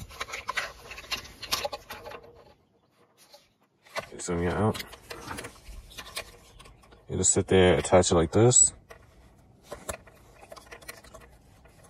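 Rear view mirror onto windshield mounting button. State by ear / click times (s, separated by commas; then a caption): seated / 9.9 s. An auto-dimming rear view mirror for a Toyota/Scion is set onto the windshield mounting button and attached, with soft rubbing and handling sounds while someone talks. It locks into place with a sharp click at 9.9 s.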